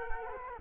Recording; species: mosquito wingbeat signal from an infrared sensor; Culex quinquefasciatus